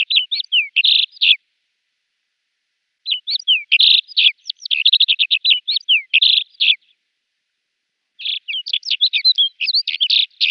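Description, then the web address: Alpine accentor singing three bouts of lively trilled warbling separated by short silent pauses. "Schulze Peter Alpine Accentor"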